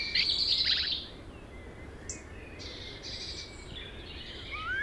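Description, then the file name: Common blackbird: a loud burst of sharp, high chattering notes in the first second, then fainter scattered high notes over steady background noise. "Turdus merula"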